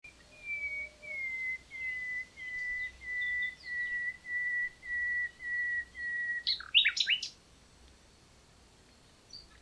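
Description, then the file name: Common nightingale song opening with a long series of pure, slightly falling whistles about three every two seconds, ending in a brief burst of rich chattering notes. "Luscinia megarhynchos"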